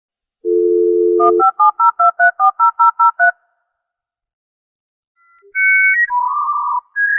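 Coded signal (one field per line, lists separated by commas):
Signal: dial-up modem handshake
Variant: 56k modem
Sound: dial tone, ten quick dialing tone pairs, pause, then beeping modem tones starting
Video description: Dial up sound. 56k internet modem noise. Dial up modem connecting to the Internet. Phone dialing.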